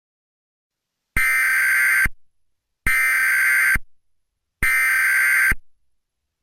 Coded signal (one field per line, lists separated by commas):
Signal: Emergency Alert System (SAME) tones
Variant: header bursts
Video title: EAS #3 Pds tornado warning (didn’t really happen to Springfield it was just an idea )￼